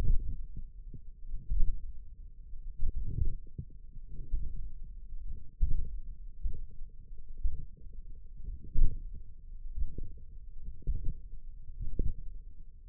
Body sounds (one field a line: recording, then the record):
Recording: forearm muscle sounds (acoustic myography)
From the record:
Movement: radial deviation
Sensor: system 1, eight BSWA MPA416 microphones around the upper forearm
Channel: 3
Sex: male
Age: 20 years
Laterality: left